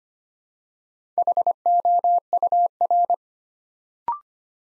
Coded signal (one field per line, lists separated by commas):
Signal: Morse code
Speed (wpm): 25 wpm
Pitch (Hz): 700 Hz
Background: none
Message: HOUR